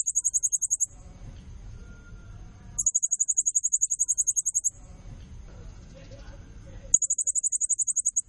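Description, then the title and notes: Blue-crowned hanging parrot giving three rapid trills of thin, very high pulsed notes, roughly two seconds apart, with low murmuring background noise in the gaps. Serindit calling persistently (gacor, nembak), used as lure and tutor sound (pemikat, nasteran) to excite and attract other birds. "Burung Serindit Nembak Gacor Bikin Emosi Semua Burung. Suara Nasteran Dan Pemikat Burung Serinditan Gacor"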